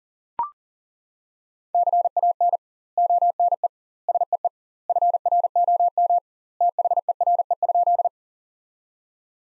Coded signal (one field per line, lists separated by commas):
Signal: Morse code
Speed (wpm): 40 wpm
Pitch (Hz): 700 Hz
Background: none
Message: CAN ONE SEE FROM THERE?